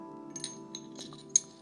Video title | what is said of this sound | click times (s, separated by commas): Ruger Max 9 [Field Strip]: Disassembly & Reassembly | And I like to slide it just back and make sure that it kind of locks in place. | 1.4 s